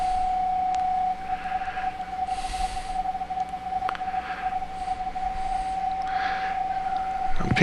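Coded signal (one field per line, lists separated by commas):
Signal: PSK31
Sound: a steady warbling single tone near 750 Hz over soft hiss throughout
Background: room noise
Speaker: you can hear me transmitting here in the background CQ K7 AG G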